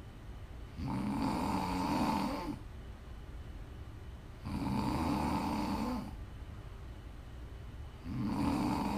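Three steady, low rumbling inhaled snores from a sleeping adult, about every 3.7 seconds, roughly 16 breaths a minute, with quiet exhalations between them, offered as ASMR snoring.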